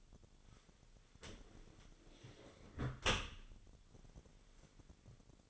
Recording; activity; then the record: daily activity, microphone in the room; close dishwasher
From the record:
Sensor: 4